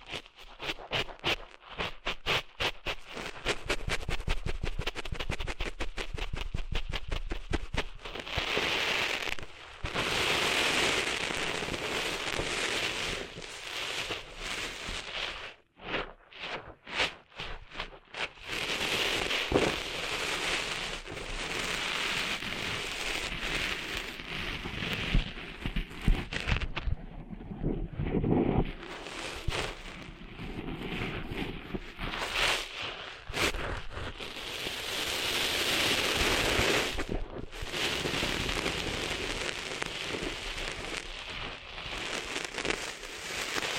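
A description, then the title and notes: Someone cleans sand out of their ears, a dense, crackling rustle of scraping and grinding that runs almost without a break. The first fifteen seconds are choppier, with rapid bursts and brief dropouts, before it settles into a thicker, steady scratching with occasional pauses. ASMR Cleaning Sand Out of Your Ears (No Talking).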